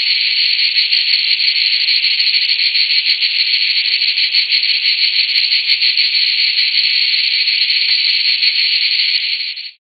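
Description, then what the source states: Steady shrill cicada drone, dense and rasping with a rapid flutter, carrying on evenly before cutting off abruptly at the end. Cicadas, more than one, recorded in Greece.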